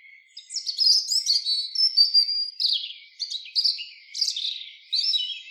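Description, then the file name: European robin song: high, thin whistled notes and quick liquid trills in a varied run of short phrases. "Erithacus rubecula"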